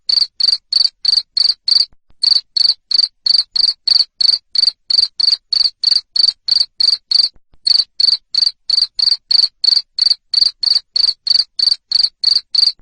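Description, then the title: Cricket in a long steady chirping bout: high, shrill pulsed chirps about three a second, with two brief pauses. Loud cricket chirping used to stimulate lovebirds to sing continuously (ngekek). "Suara JANGKRIK NGERIK Keras Bikin LOVEBIRD Jadi NGEKEK Terus Vubey"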